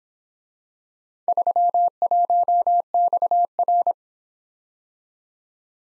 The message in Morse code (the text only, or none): 31XR